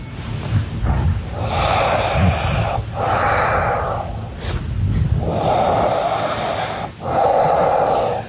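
Loud, whooshing breathing from a sleeping adult, about 15 breaths a minute, Darth Vader-like rather than a snore. The mouth is closed and the airflow is all heavy nasal breathing, sounding like a vacuum cleaner or a CPAP machine with an echoey quality.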